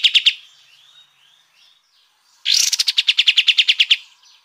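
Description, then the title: Sooty-headed bulbul song: a brief rattle, a pause with soft warbled notes, then a long fast burst of piercing pulsed notes lasting over a second. Song in the brenciu style, a fast high-pitched rapid-fire delivery; the bird is described as gacor (singing readily) and ngegas (singing forcefully). "KAPAS TEMBAK GACOR NGEGAS BRENCIU"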